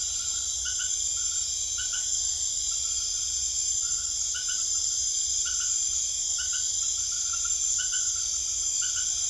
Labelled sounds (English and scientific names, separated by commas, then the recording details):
none
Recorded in secondary vegetation near Puerto Asís, Putumayo, Colombia, on 22 June 2025 at 19:30
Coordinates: 0.500, -76.326
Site GP08